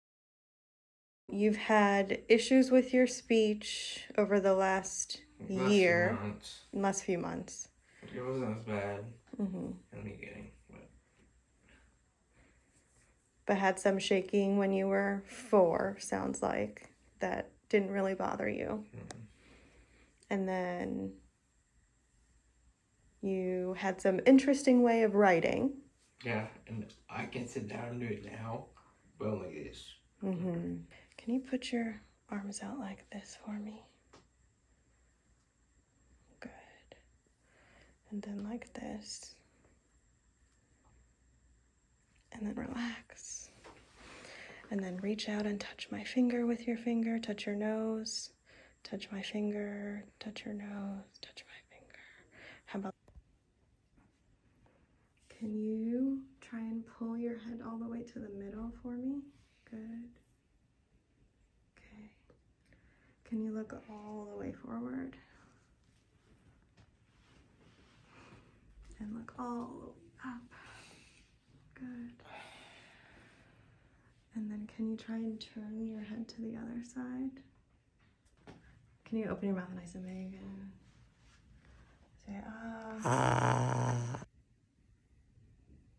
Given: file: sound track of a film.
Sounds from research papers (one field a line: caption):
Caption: Segmental Thap1 dystonia. This genetic dystonia can cause focal/segmental dystonia which is evident in the patient’s cervical dystonia (laterocollis and torticollis), oromandibular dystonia, toe extension dystonia, and voice abnormality (laryngeal dystonia).